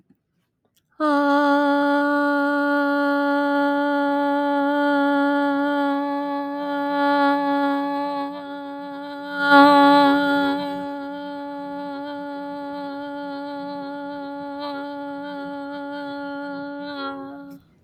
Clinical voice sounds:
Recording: vowel held as long as possible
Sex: female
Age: 40 to 49 years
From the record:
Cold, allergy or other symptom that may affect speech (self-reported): no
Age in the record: 41 years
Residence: Washington, United States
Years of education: 19

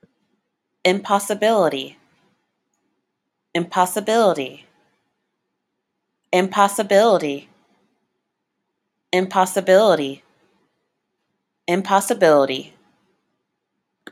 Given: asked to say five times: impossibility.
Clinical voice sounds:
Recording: repeated word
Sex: female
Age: 20 to 29 years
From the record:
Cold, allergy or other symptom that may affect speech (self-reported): no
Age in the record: 29 years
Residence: Texas, United States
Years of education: 18

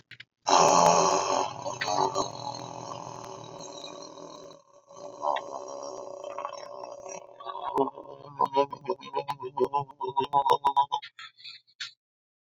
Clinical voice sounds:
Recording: vowel held as long as possible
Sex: male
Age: 30 to 39 years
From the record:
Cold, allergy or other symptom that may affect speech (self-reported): no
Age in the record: 36 years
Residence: Wisconsin, United States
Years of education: 14

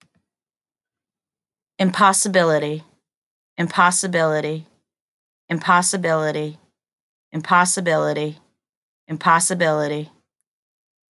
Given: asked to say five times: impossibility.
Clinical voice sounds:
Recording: repeated word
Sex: female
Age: 30 to 39 years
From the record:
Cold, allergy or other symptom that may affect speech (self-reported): no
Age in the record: 38 years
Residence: United States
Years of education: 12

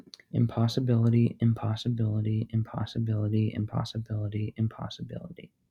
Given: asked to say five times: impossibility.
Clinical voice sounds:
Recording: repeated word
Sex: male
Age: 20 to 29 years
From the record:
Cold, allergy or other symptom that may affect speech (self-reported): no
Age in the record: 27 years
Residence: District of Columbia, United States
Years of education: 16

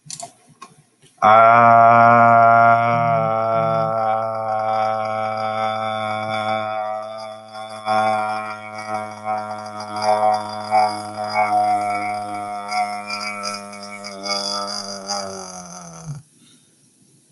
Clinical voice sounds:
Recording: vowel held as long as possible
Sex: male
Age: 20 to 29 years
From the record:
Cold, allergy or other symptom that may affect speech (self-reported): no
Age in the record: 28 years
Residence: Colorado, United States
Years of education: 12

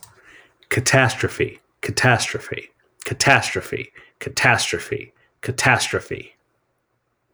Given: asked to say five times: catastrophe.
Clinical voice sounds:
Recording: repeated word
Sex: male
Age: 40 to 49 years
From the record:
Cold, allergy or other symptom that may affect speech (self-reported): no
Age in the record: 41 years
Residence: North Carolina, United States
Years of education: 16

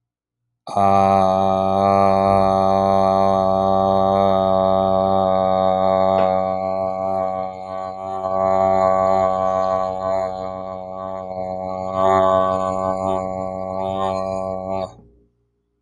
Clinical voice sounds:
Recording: vowel held as long as possible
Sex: male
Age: 18 to 19 years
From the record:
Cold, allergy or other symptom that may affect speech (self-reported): no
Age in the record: 19 years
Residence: Missouri, United States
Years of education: 13

